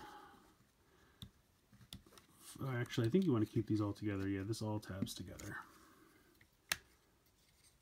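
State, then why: Seated. Someone talks while transforming a Transformers Siege Voyager Class Soundwave action figure, tabbing its plastic shoulder sections together underneath the body, with a few faint clicks early on. At 6.7 s, one sharp click is heard as a shoulder tab clicks into place under the figure, and it is seated.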